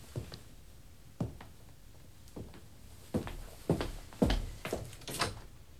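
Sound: door being opened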